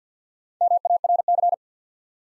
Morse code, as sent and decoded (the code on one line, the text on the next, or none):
-- .- .-. -.-.
MARC